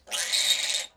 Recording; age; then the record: pig call; piglet (1 to 25 days)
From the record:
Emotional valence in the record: negative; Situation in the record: restrain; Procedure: back test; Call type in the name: high-frequency call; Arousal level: maximum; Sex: male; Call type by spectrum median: high-frequency call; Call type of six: high-frequency modulated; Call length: 0.97 s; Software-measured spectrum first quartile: 3526 Hz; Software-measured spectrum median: 4552 Hz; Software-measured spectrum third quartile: 7278 Hz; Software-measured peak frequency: 3763 Hz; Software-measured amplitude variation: 191 dB a second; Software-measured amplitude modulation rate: 19.0 a second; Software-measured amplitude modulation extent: 10.1 dB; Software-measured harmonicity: 1.5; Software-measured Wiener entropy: -1.53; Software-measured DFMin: 1039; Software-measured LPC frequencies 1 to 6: 817, 2017, 3783, 4319, 5250, 6195 Hz